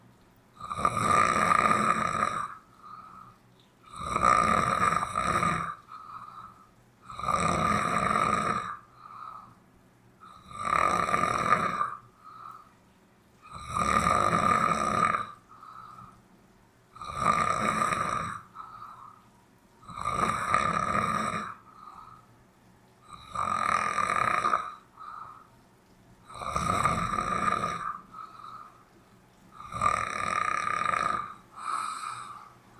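An adult sleeper snoring, with loud snores repeating about 20 times a minute, from a sound poetry piece by Luis Bravo, 'material do poeta sonhante'.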